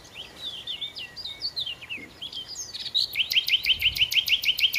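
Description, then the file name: Common nightingale song opening with varied whistled and slurred notes, then switching to a fast, evenly repeated series of loud clipped notes. "Nachtigall"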